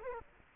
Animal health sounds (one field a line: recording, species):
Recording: mosquito wingbeat signal from an infrared sensor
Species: Culex quinquefasciatus